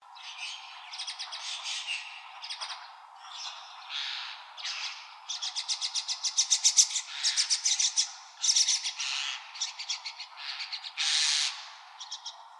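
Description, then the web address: White-cheeked starling chatter: continuous harsh, squeaky and grating notes mixed with fast buzzy rattles, with the calls crowding densely throughout. Recorded on 23 May 2015. "birdenaga mukudori 150523"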